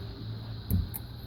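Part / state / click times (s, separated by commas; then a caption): electrical plug into its connector on the fuel filter housing / seated / 0.7 s, 1.0 s. An electrical plug is pushed back into its connector on the fuel filter housing of a 2009 R56 Mini Cooper after a fuel filter change. Two short, sharp clicks at 0.7 s and 1.0 s stand out over a low steady hum. The plug is seated.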